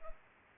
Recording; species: mosquito wingbeat signal from an infrared sensor; Culex pipiens